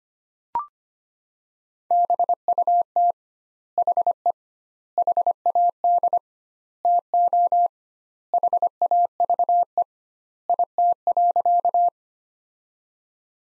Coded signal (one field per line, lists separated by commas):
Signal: Morse code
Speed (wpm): 25 wpm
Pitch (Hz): 700 Hz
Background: none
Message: BUT HE HAD TO HAVE IT.